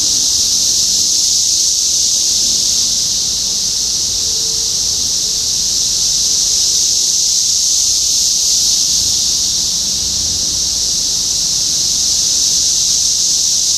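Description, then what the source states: Cicada chorus: an unbroken, loud, high hissing buzz that never pauses across the whole stretch. Cicadas in Topeka, Kansas, USA, on 14 June 2015.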